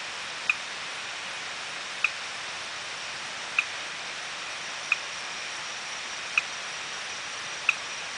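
Aplastodiscus arildae tree frog calling with brief clicky notes, six repeated about every one and a half seconds against constant high hiss.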